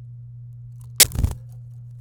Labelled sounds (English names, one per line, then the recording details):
Domestic Canary song
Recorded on 26 April 2018 at 13:56
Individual llb3